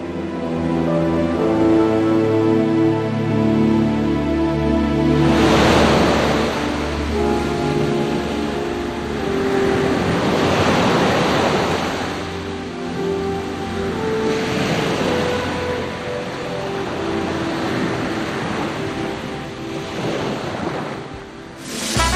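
Sea waves roll in and break on the shore, each loud hissing surge cresting about every five seconds over a constant, rumbling wash of surf, with no voices.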